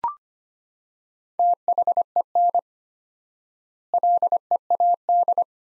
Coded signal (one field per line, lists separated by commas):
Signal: Morse code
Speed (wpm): 25 wpm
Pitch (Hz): 700 Hz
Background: none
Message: THEN LEAD